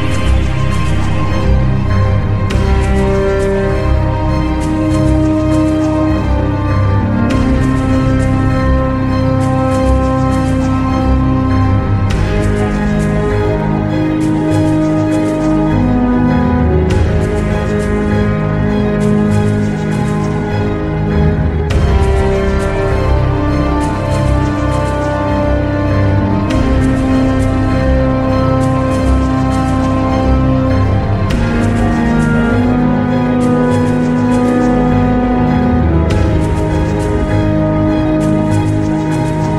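A warm, mellow instrumental plays at a steady level, with sustained chords that shift roughly every four to five seconds. Soft, bright washes mark each change, over a full low end. No distinct café chatter stands out beneath the music.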